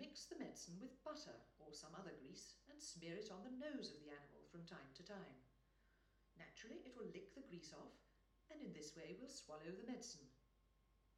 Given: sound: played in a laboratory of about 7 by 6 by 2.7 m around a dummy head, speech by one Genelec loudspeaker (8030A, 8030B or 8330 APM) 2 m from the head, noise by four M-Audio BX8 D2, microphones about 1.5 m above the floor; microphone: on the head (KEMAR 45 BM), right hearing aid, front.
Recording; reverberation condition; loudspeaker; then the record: female speech in English; medium; 60 degrees to the right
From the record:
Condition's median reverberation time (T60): about 510 ms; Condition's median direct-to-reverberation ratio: about -0.5 dB